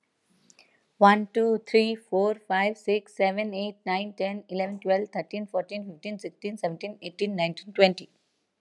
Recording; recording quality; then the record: counting at a fast pace; excellent, no background noise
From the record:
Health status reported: healthy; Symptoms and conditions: none ticked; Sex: female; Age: 45 years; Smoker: not ticked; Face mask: not worn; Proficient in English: yes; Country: India